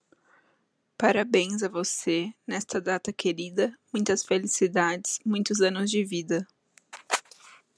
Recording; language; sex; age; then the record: short text; Brazilian Portuguese; female; 20 to 29 years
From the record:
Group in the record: control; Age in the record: 22 years